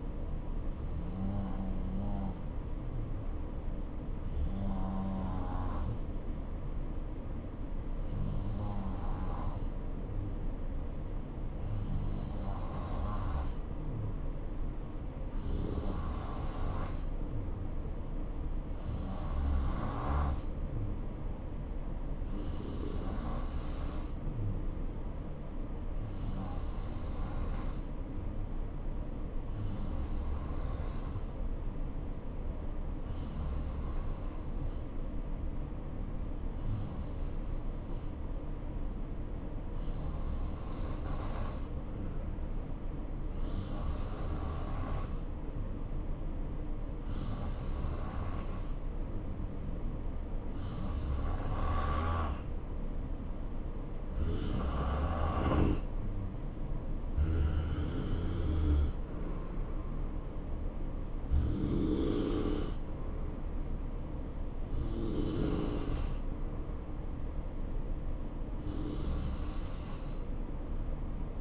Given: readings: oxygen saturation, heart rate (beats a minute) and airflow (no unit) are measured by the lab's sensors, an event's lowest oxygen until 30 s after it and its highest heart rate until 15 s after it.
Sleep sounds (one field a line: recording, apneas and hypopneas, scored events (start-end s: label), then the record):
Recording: breathing in sleep by a smartphone at the bedside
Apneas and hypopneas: 1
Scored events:
32.00-58.50 s: hypopnea (N2, oxygen 92% highest, then 89% lowest, heart rate 70 at the start, 71 highest)
From the record:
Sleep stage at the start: N2 (light sleep)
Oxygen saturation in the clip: 90 to 93%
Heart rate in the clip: 63 to 71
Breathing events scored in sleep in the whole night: 277 in 7.4 hours asleep